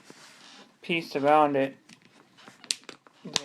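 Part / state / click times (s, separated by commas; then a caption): plastic screen bezel clips on a laptop lid / released / 2.7 s, 3.4 s. On an Acer Aspire D257-13657 laptop lid, a tool is pried between the glass and the plastic screen bezel and worked around the edge while someone talks. Sharp, loud pops follow at 2.7 s and 3.4 s as the bezel's locking clips let go and the bezel is released.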